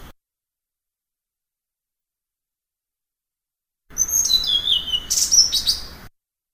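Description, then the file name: Blue-throated flycatcher song: after a long silence, a two-second flurry of very high, thin whistles and descending slurs. "kicau sikatan blue throated. omkicau"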